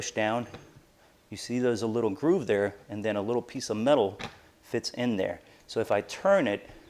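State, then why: Not seated. The spring-loaded steel folding hook arm of a ProSource Fit foldable door-frame pull-up bar is pushed down and handled as someone talks. The hook is being turned so a small metal piece can fit into a groove, but nothing has seated or clicked yet and the clip ends before it locks.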